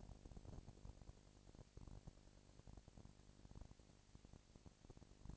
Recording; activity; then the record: daily activity, microphone in the room; no activity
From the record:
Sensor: 5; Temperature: 19.8 degrees Celsius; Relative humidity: 36.7%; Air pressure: 997.2 hPa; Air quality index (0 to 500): 169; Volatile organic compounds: 14 ppm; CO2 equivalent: 2440 ppm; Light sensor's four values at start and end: 2/3/1/1 and 2/3/1/1